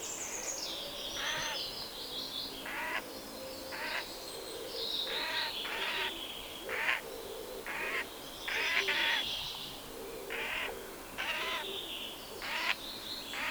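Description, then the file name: Eurasian jay repeating coarse, rasping screeches many times throughout. "Garrulus glandarius"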